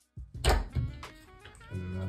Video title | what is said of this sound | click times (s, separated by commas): GoPro Hero 12 unboxing | snaps in place, so most likely I would have | 0.4 s